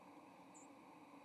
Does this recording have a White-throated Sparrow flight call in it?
no